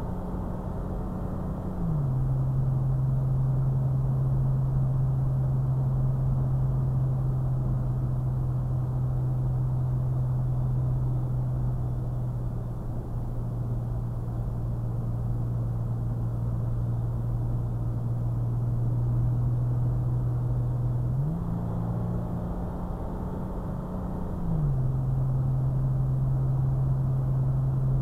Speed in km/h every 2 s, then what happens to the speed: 68, 69, 69, 68, 68, 64, 64, 63, 63, 58, 64, 68, 71, 71.
0-5 steady at about 69. 5-18 slows to 58. 18-24 speeds up to 71.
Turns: none.